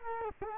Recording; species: mosquito wingbeat signal from an infrared sensor; Culex quinquefasciatus